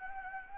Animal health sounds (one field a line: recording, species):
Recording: mosquito wingbeat signal from an infrared sensor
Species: Anopheles gambiae